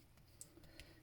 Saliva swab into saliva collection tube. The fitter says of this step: and lock into place